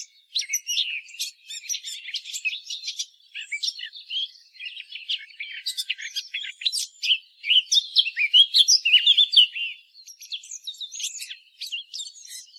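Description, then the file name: Eurasian blackcap giving a continuous scratchy warble of rapid chattering notes and short whistles, with brief pauses around three and ten seconds. "Sylvia atricapilla"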